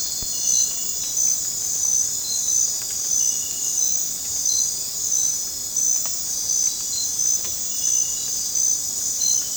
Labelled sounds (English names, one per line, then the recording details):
none
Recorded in dense forest near Puerto Asís, Putumayo, Colombia, on 22 December 2024 at 23:00
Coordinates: 0.466, -76.327
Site G075